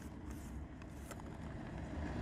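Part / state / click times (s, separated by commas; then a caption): twist-lock power cord plug locking ring onto RV inlet / not seated / none. A twist-lock power cord plug's locking ring is turned onto an RV inlet over a steady low rumble of outdoor background noise, with a few faint, brief scraping ticks around 0.8, 1.1 and 1.2 seconds. The ring goes on cross-threaded and nothing has seated or clicked yet, so it must be tried again.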